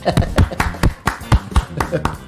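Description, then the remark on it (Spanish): During a quiz game, a single woman claps for herself about ten times in a quick, slightly uneven rhythm. Each clap is sharp and fairly loud, with faint voices murmuring underneath. “Se aplaude sola.”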